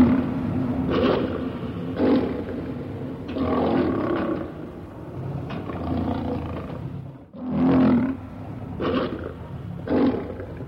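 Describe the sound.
Lion roaring in a long sequence of hoarse, grunting bursts, some drawn out and others short, repeating every one to two seconds over a low background rumble.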